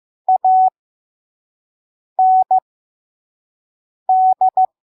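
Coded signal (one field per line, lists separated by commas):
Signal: Morse code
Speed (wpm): 15 wpm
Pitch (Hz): 750 Hz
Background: none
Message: AND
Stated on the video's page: Slow 5 wpm Morse code of a Bible verse for head-copy practice.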